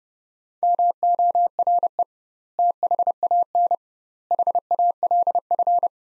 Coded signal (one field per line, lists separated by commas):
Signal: Morse code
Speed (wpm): 30 wpm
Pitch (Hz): 700 Hz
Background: none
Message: MORE THAN HALF